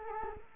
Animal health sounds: mosquito wingbeat signal from an infrared sensor; Culex quinquefasciatus

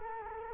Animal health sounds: mosquito wingbeat signal from an infrared sensor; Culex quinquefasciatus

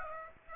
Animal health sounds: mosquito wingbeat signal from an infrared sensor; Aedes aegypti

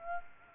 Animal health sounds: mosquito wingbeat signal from an infrared sensor; Aedes aegypti

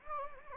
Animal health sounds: mosquito wingbeat signal from an infrared sensor; Anopheles gambiae

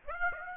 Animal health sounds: mosquito wingbeat signal from an infrared sensor; Aedes aegypti

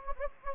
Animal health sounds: mosquito wingbeat signal from an infrared sensor; Anopheles gambiae

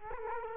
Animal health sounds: mosquito wingbeat signal from an infrared sensor; Culex quinquefasciatus

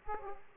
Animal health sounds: mosquito wingbeat signal from an infrared sensor; Aedes aegypti

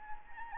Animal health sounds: mosquito wingbeat signal from an infrared sensor; Anopheles arabiensis

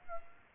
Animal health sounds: mosquito wingbeat signal from an infrared sensor; Aedes aegypti

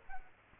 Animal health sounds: mosquito wingbeat signal from an infrared sensor; Culex quinquefasciatus

